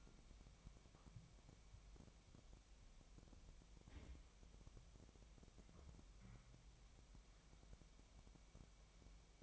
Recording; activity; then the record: daily activity, microphone in the room; wipe stove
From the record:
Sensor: 1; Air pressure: 1003.3 hPa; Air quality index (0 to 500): 199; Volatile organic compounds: 6 ppm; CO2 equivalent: 1905 ppm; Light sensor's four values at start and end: 8/20/8/10 and 8/20/8/10